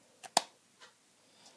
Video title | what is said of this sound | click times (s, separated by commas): The only hack you will ever need for the new Keurig 2.0 I promise | you actually hear it snap | 0.4 s